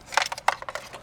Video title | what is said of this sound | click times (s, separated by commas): Tacoma Sound Upgrade That Hits HARD! - Encore Alpha Power Amplifier Install & Sound Test | Click, click. | 0.5 s